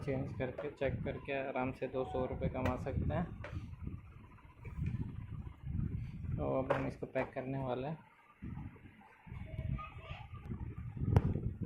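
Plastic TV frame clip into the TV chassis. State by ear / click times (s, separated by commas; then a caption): seated / 11.2 s. Someone talks while the plastic frame of a Lloyd 24-inch LED TV, repaired for a sound problem, is pressed down around its edges to close it back up. A sharp snap at 11.2 s is the frame's clip engaging the TV chassis, and the frame is seated and locked.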